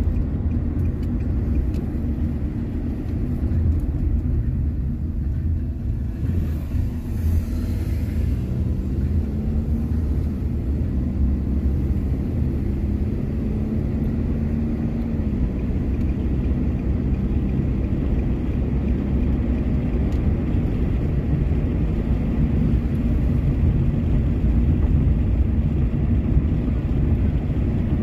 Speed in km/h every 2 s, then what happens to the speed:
35, 25, 12, 16, 24, 31, 37, 42, 46, 50, 52, 54, 55, 56.
0-5 brakes to 12. 5-28 speeds up to 56.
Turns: none.